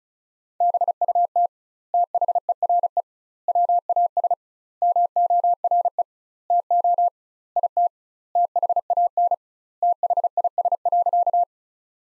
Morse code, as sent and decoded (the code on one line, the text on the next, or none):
-... ..- - / - .... . .-. . / .-- .- ... / -- --- .-. . / - --- / .. - / - .... .- -. / - .... .. ... .-.-.-
BUT THERE WAS MORE TO IT THAN THIS.